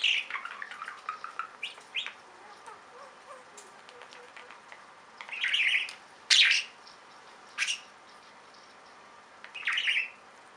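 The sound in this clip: Budgerigar chirps and short squawks, a quick chattering run at the start, then after a quieter spell a few scattered bright bursts against a quiet hiss.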